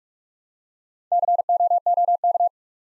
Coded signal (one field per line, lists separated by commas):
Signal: Morse code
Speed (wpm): 48 wpm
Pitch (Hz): 700 Hz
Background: none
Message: COOK